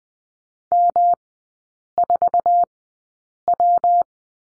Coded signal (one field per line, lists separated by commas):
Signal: Morse code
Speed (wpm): 20 wpm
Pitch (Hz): 700 Hz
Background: none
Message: M4W